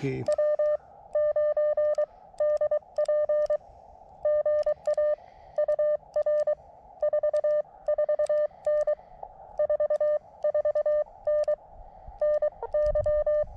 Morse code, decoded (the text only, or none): W9DP GA UR 44N 44N NY